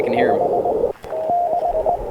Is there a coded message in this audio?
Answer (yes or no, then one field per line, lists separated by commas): yes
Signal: Morse code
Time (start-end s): 0.2-2.0 s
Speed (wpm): 21 wpm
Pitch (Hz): 720 Hz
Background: speech, radio noise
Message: 5 DE